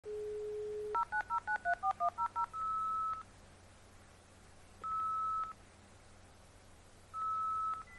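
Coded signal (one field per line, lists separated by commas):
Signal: dial-up modem handshake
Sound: dial tone, nine quick touch-tone digits, then three spaced steady calling beeps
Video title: Dial Up Modem #Shorts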